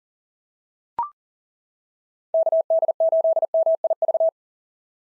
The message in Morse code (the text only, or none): KD8MIV